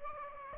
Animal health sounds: mosquito wingbeat signal from an infrared sensor; Aedes aegypti

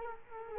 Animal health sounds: mosquito wingbeat signal from an infrared sensor; Culex quinquefasciatus

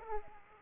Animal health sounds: mosquito wingbeat signal from an infrared sensor; Aedes aegypti

